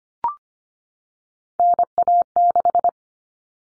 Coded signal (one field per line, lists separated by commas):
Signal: Morse code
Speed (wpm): 25 wpm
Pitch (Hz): 700 Hz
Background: none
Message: NA6